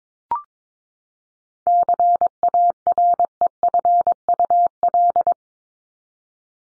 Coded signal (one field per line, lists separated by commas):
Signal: Morse code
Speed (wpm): 22 wpm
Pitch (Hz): 700 Hz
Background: none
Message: CAREFUL